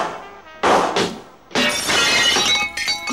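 A glass door pane is struck with a pistol and shatters: two sharp impacts, then a loud burst of breaking glass with bright, tinkling shards cascading and clinking for a moment afterward.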